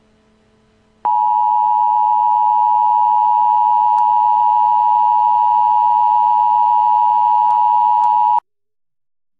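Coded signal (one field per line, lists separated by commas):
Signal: Emergency Alert System (SAME) tones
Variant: 853 and 960 Hz attention tone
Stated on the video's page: Fictional EAS alert for a yellow fever biological attack in a staged scenario.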